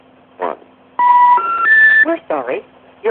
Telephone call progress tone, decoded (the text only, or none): special information tone